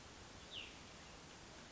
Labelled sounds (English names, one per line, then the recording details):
Cassin's Vireo
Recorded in Sonoma County, California